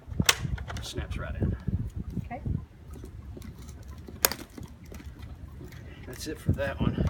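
A removed plastic part of a pool cleaner is put back into the cleaner body facing the right way, its flexible sides bent in slightly and pushed until it snaps into place with a sharp click at 0.3 s. A loud sharp hit follows, and someone talks throughout.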